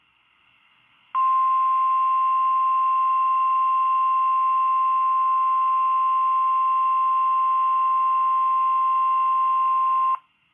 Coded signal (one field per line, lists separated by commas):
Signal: Emergency Alert System (SAME) tones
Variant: 1050 Hz attention tone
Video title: (EAS) Required Weekly Test (Twin Cities/Chanhassen)